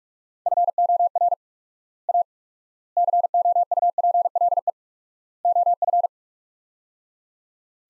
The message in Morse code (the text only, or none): FOR A COUPLE OF